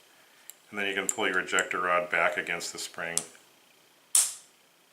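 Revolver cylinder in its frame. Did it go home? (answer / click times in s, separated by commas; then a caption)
yes / 4.1 s. Someone talks while a reassembled French 1873 Ordnance revolver's cylinder is rotated in its frame. A sharp click at 4.2 seconds marks the cylinder stop engaging, and the cylinder is seated and locked before the loading gate is closed.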